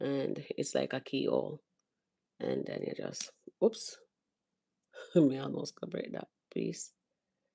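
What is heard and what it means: A small plastic miniature kit piece is handled at its keyhole mount while someone talks in three short bursts separated by silence. The piece has not seated or clicked into place yet.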